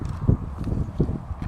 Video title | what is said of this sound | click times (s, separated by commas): Rywell Catio Review: We Set Up a 3-Level Outdoor Cat Enclosure | There you go. And it just popped into place right there. | 1.0 s